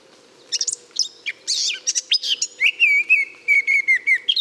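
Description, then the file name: Eurasian blackcap song: a soft scratchy warble building into a series of loud, pure whistled notes repeated steadily, with a faint low hum beneath. "Sylvia atricapilla"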